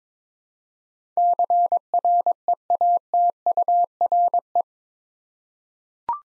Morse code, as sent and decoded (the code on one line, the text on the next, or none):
-.-. .-. . .- - ..- .-. .
CREATURE